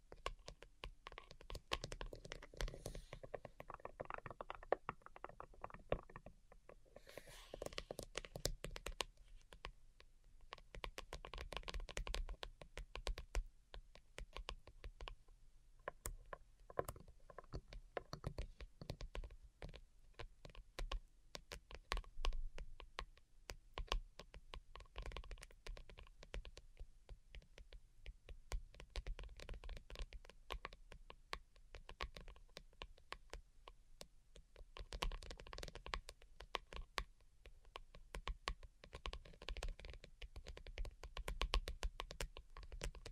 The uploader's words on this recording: ASMR DELICATE Tapping for Sleep (No Talking).